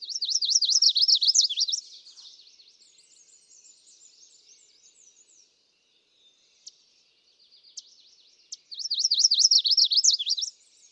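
Chestnut-sided warbler singing two bright, high phrases of quick slurred notes, with soft twittering and scattered chips between them.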